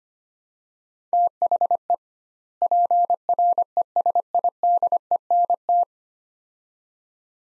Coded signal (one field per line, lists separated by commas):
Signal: Morse code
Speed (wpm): 25 wpm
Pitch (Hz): 700 Hz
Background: none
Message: THE PRESIDENT